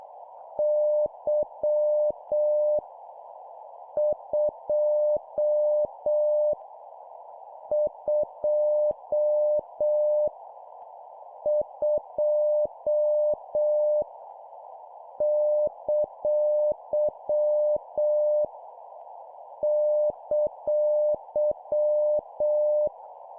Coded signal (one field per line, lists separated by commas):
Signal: Morse code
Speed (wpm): 7 wpm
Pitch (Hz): 600 Hz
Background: none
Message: Y 2 2 2 ! !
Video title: 7wpm Repeat three times Random Letter Number Punctuation, CW morse code Copy Speed improvement